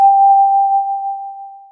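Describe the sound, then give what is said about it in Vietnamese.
A single elevator arrival chime as the elevator doors open: one clean, mid-pitched ding that strikes sharply, then rings on as a steady tone and slowly fades over almost two seconds. No voices. “Một tiếng vang lên, cửa thang máy mở ra.”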